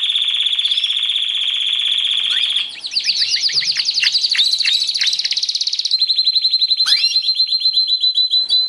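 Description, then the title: Canary song beginning with a long steady high whistle, then breaking into rapid chattering trills and a final sustained note. Canary singing actively (gacor); recording used as masteran, a model song for training other birds. "mster Mnuk. Suara Kenari Gacor - Masteran Kenari Gacor Full Isian HD"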